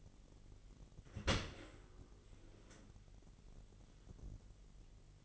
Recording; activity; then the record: daily activity, microphone in the room; open dishwasher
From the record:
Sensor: 4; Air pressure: 999.1 hPa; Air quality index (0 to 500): 122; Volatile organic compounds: 2 ppm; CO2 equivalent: 1197 ppm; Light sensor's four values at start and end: 8/18/7/8 and 8/19/7/8